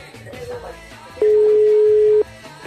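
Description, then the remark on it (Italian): A single steady ringback tone of a phone ringing unanswered, one flat mid-pitched beep lasting about a second, sounding loudly over quieter music in the background. “Però non risponde. Squilla a vuoto, perché?”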